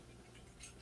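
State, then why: Not seated. The plastic back panel of a transforming toy figure is handled as it is pushed in between the other parts during the transformation, giving soft scratchy, pattering plastic sounds with a brief brighter rustle near 0.6 seconds. Nothing has seated or clicked yet.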